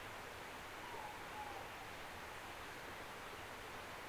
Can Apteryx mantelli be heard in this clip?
no